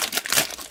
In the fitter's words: The air shield snaps right in. Beautiful.